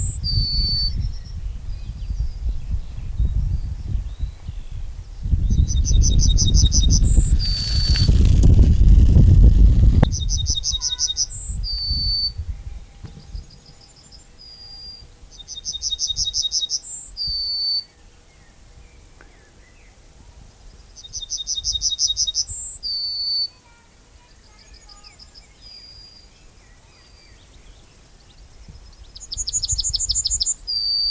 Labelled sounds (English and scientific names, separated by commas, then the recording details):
Yellowhammer (Emberiza citrinella) song
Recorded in the wild
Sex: male
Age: adult
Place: Köppchensee, Berlin, DE
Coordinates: 52.6167, 13.3667
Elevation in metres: 40
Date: 2000-06-18 13:46
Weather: heiter, 22°C, zeitweise windig
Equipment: Nagra SN, Kopie Uher 4000 Report Monitor
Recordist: Tembrock, Günter